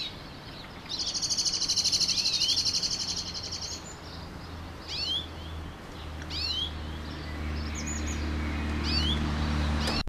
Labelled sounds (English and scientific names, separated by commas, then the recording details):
European Greenfinch (Chloris chloris) call
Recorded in the wild
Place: Kaiserslautern, Rheinland-Pfalz, DE
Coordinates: 49.4247, 7.77889
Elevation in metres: 279
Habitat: garden
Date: 1986-05-08
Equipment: Nagra IV, Sennheiser MKH 405
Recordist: Tretzel, Erwin